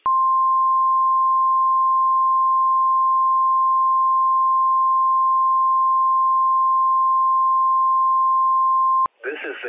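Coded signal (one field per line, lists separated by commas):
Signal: Emergency Alert System (SAME) tones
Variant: 1050 Hz attention tone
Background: speech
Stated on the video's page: Required Weekly Test on WWF56 from the Pendleton, Oregon weather service office; real, valid EAS tones.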